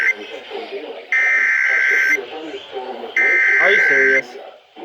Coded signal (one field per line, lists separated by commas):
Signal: Emergency Alert System (SAME) tones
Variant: header bursts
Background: speech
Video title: Severe Thunderstorm Warning on WXK27, WNG641 and KMFA-FM | EAS #430-432